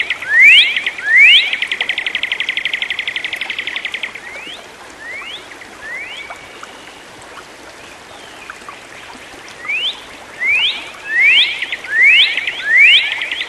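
Bird song: two rising whistles and a rapid trill, scattered quieter upslurs, then a string of louder rising whistles.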